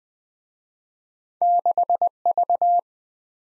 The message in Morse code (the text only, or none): 6V